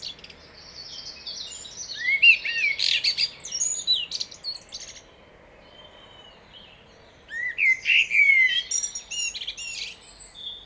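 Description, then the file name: Common blackbird sings two phrases of whistled notes and thin high twitters, separated by a quiet pause. "Turdus merula"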